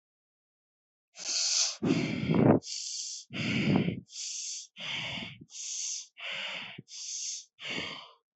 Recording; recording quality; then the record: shallow breathing; moderate, slight background noise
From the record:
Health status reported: healthy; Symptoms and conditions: none ticked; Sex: male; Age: 32 years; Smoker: not ticked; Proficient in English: yes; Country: India